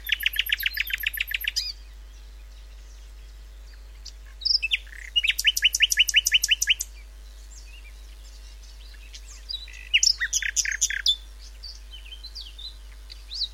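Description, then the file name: Common nightingale song: three bursts of rapid repeated notes, fast trills and chirps, separated by pauses of a few seconds; steady low hum underneath. "Luscinia megarhynchos"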